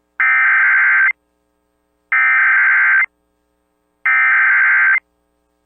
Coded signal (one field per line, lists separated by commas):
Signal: Emergency Alert System (SAME) tones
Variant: header bursts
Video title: EAS Timeline December-Derecho Hits Central Iowa and Downtown Des Moines NOAA Weather Radio